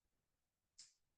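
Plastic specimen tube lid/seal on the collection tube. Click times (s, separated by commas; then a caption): 0.8 s. A sealed plastic specimen tube has its lid seal opened in front of the donor, giving a single sharp, bright click at 0.8 s against a quiet background. The seal clicks open, releasing the tube.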